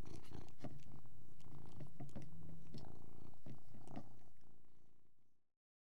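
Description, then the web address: Persian cat purrs low and evenly while chewing noisily, lip smacks and clicks scattered through, then the sound fades to silence near the end. Persian cat purring while eating. "BBC Sound Effects Library. Persian Cat Eating And Purring"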